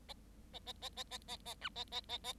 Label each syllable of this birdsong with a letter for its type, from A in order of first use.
A A A A A A A B A A A A